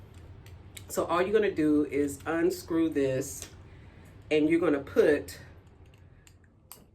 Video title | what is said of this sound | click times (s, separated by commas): Weight Loss What You EAT Matters on #GLP1 #Wegovy #Zepbound Elevated Blood Glucose Levels | this in until you hear a click and you'll hear a click | 6.7 s